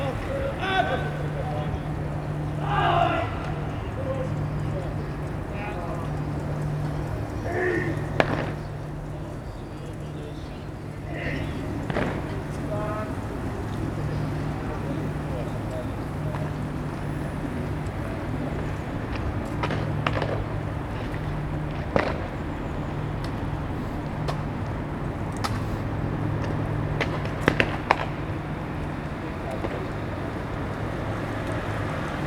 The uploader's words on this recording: Members of the military do early morning drill practice. The large parade ground at the front of the barracks is damp.